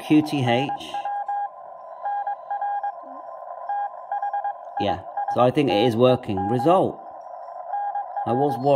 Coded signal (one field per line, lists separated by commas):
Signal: Morse code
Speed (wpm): 21 wpm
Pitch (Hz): 810 Hz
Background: speech, radio noise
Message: NW NR THISTED NR